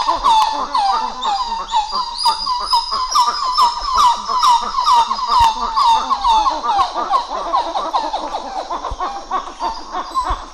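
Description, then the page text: Coppery titi monkey duet: dense, rhythmic series of warbling calls repeated rapidly, sustained strongly before fading toward the end. Duet by group 6, recorded 11 July 2018 at 08:02. "Plecturocebus cupreus. Gr 6 duet 20180711 080200"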